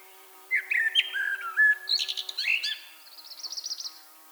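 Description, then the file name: Common blackbird singing one full phrase: clear flute-like warbled notes, then a burst of high chattering and a thin trilled ending, over a faint hum. "Turdus merula"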